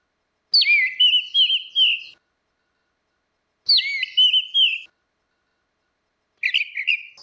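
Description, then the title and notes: Orange-headed thrush song: three short whistled phrases of quick warbling notes, separated by silence. Continuous singing (ngeplong) recording made for training other birds (masteran). "Suara Burung Anis Merah Ngeplong. Masteran Anis Kembang"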